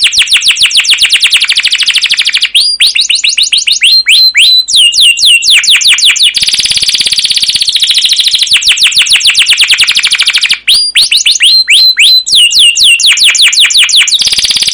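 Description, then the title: Canary singing a long run of rapid rolling trills, sweeping notes and buzzy passages, with two brief breaks. Canary song used as a lure (pancingan) to train other canaries; long gacor song with cuit cuit chirps and ngerol rolling trills. "CUIT CUIT NGEROL LANGSUNG GACOR PANJANG Kenari Pancingan KENAR. Masteran Suara Burung Kenari Gacor Panjang cuit cuit Ngerol untuk Pancingan Kenari!"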